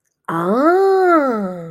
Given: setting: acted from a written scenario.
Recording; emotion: vocal sound without words; realization